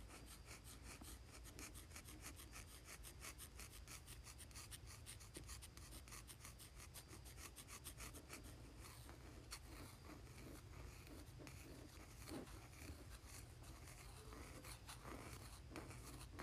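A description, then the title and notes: A pencil scratches across cardboard in quick, dense back-and-forth strokes, a steady rasping texture over a constant low rumble throughout. ASMR Pencil on Cardboard.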